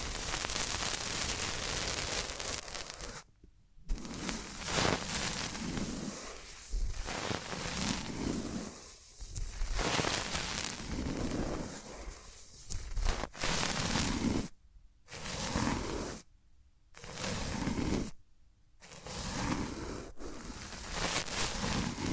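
Hands rubbing over the ears make dense, rough swishing and rustling, swelling and fading, broken by several abrupt silent gaps.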